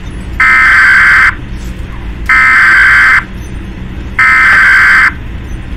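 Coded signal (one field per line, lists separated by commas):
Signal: Emergency Alert System (SAME) tones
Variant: header bursts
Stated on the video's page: Fictional mock EAS alert, a recreation rather than a real activation.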